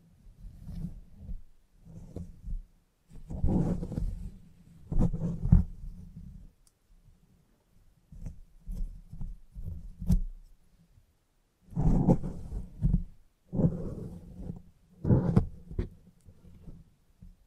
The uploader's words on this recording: Salon Haircut Head Massage, Scissors and Clipper.